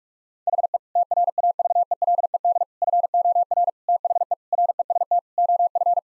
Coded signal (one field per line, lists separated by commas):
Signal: Morse code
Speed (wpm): 41 wpm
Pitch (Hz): 700 Hz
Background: none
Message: HE TRAVELED FOR THE REST OF